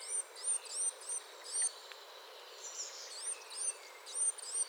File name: MESANGE NOIRE BAVARDE